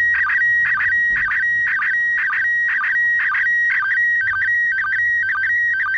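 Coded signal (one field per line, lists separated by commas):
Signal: SSTV (slow-scan television)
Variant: PD120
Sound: steady mid-pitched tone broken twice a second by warbling bursts and low sync blips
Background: radio static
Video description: Se utilizó una radio Baofeng UV-5R en la frecuencia 145,800 MHz (+/- 3 KHz para el cambio Doppler) y el modo de operación SSTV PD 120.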